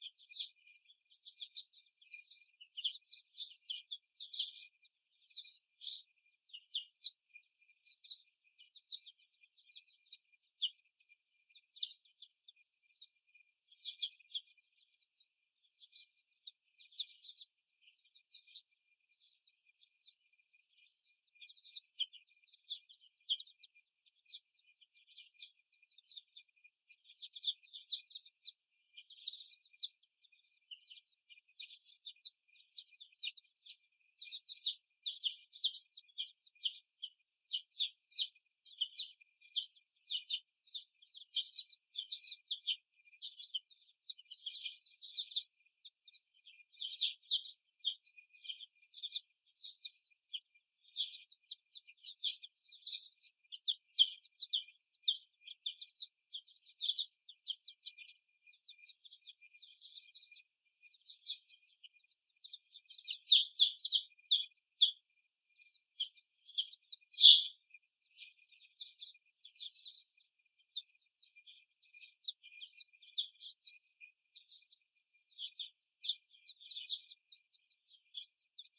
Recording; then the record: young laying hens in a cage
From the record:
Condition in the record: after the stressor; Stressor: simulated dog barking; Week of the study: 1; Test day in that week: 1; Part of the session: 1